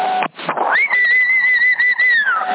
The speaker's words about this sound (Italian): Chi è che fischia?